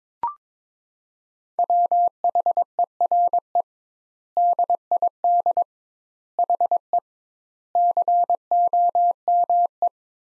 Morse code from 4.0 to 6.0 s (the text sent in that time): DID